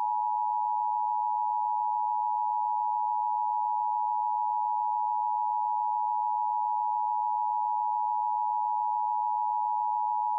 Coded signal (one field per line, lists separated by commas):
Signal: Emergency Alert System (SAME) tones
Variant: 853 and 960 Hz attention tone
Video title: EAS Scenario #12: The Frozen Abyss (750 Sub Special)